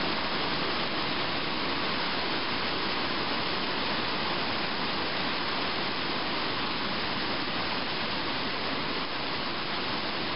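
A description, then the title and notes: A mountain stream tumbles over small waterfalls in a steady, dense rush of falling water that does not let up. The sound is full, strongest in the middle and upper range, with a soft low churning beneath and no other sounds. Thailand - waterfall and stream. A small stream with several waterfalls in the mountains of Namtok Mae Surin National Park in the northwest of Thailand, near the border with Burma.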